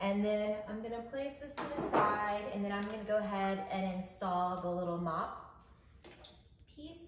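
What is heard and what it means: Someone talks while lining up the little mop piece on the body of a Narwal T10 robot mop and vacuum, which has an automatic mop cleaning station, before pushing it down. Two faint, brief taps occur near 6.0 s and 6.3 s during a quieter stretch. Nothing has seated or clicked into place yet.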